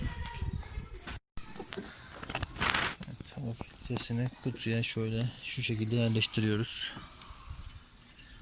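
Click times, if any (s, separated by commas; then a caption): none. A new panel air filter is lined up and set into the plastic air filter box of a Chevrolet Cruze, since it only fits one way. Someone talks while short handling knocks and rustles sound around 1.7–2.8 s and faint taps near 7.2–7.8 s. It is not yet pressed down, and nothing has seated or clicked yet.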